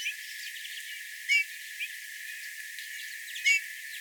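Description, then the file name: Eurasian bullfinch calls: two soft, short piping whistles about two seconds apart, over faint twittering of other birds and a steady high hiss. "Pyrrhula pyrrhula"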